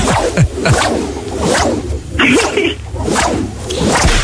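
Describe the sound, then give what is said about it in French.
A rapid series of whip crack sound effects played as lashes requested by listeners on the radio show Mikl No Limit, each a sharp swish ending in a snap, repeating loudly over a few seconds with no talking. “Est-ce que tu peux donner des coups de fouet?”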